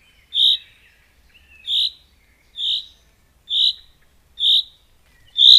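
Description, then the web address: Common chaffinch calls: short, bright, sharp notes repeated roughly once a second, six in a row, each clipped and even, over a quiet background. "Madardalok Cd 1. Erdei pinty"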